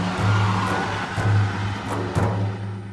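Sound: car speeding away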